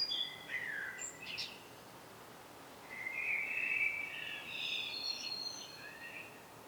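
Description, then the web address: Common blackbird song: a short phrase with high squeaky notes, a pause, then a longer fluted warble that fades softly. "pub SETE data Turdus merula"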